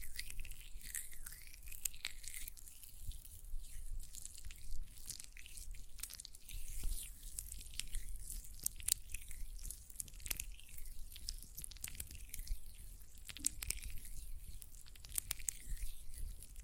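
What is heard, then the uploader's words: Hands work a gel lotion, making a steady run of soft, wet squishing and smacking sounds. Small sticky clicks and drip-like pops land every second or so, bright and crisp over a faint low hum. ASMR Gel Lotion Hand Sounds (No Talking).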